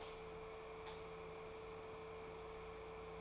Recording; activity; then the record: daily activity, microphone in the room; light off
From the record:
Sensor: 1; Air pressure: 1014.8 hPa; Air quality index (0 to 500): 186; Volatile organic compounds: 18 ppm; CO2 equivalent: 2634 ppm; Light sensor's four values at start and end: 38/102/42/50 and 35/87/37/45